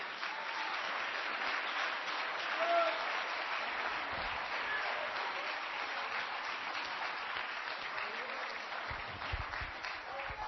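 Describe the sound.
A church audience claps and applauds steadily for about ten seconds in praise of the king, a dense, even wash of many hands with a few faint voices mixed in underneath.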